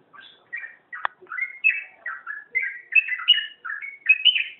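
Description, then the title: Magpie-robin song of quick whistled slurs and chirps, broken early by a sharp tap, then a steady lively flow of varied notes. "Kicau Kacer"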